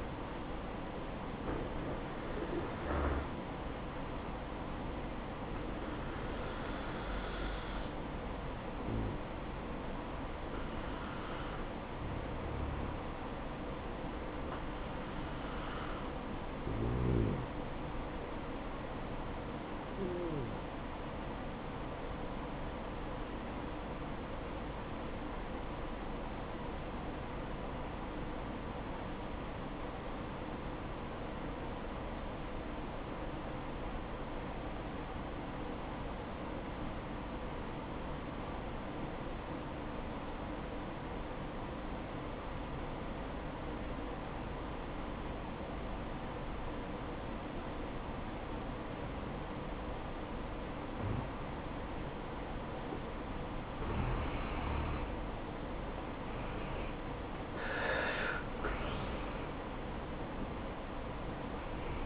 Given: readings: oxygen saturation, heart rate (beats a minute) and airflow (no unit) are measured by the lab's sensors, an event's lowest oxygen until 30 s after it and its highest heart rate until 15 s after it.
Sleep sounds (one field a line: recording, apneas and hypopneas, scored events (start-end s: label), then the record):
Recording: breathing in sleep by a voice recorder at the bedside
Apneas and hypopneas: 1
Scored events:
25.00-56.10 s: obstructive apnea (N2, oxygen 97% highest, then 84% lowest, heart rate 63 at the start, 75 highest)
49.00-62.06 s: new sleep stage, N1 (lightest sleep)
From the record:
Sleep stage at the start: N2 (light sleep)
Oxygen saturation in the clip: 84 to 97%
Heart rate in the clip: 57 to 70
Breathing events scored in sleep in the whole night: 573 in 9.8 hours asleep